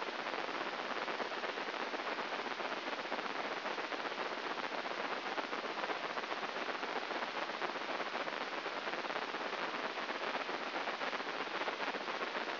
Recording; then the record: brain microelectrode recording played as sound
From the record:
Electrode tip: inside the subthalamic nucleus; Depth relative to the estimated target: 1 mm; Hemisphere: right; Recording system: AlphaMap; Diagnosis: Parkinson's disease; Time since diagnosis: 12 years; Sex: male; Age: 57 years